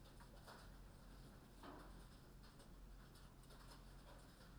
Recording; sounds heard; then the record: poultry house recording; no chicken sound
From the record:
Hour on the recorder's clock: 21